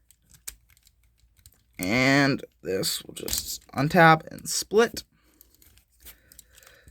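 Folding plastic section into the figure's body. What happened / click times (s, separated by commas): The plastic section snapped into place / 0.5 s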